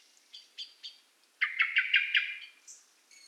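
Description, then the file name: Common blackbird chattering call, a few soft separate notes leading into one loud, quick rattling burst, then a thin high note. "Turdus merula"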